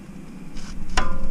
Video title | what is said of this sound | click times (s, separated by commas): 2015 F30 BMW 328XI Front Brade Pads and Rotors Replacement, Fixing Squeaky Brakes! | it'll just snap right in there just make sure it's on there | 1.0 s